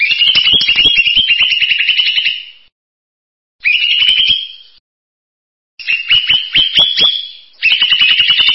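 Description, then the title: Bird singing long rattling, trilled phrases, the first over two seconds, then three more bursts broken by abrupt pauses; the background is silent. "burung online"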